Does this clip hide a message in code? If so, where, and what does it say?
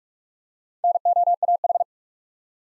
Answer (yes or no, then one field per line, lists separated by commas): yes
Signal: Morse code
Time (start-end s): 0.8-1.8 s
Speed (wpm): 46 wpm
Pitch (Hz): 700 Hz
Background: none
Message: NOAH